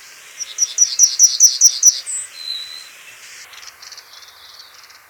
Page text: Pine Bunting Song. Quick Sounds library